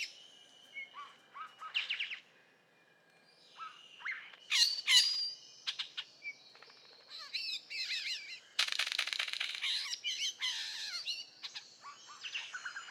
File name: Prionodura Newtoniana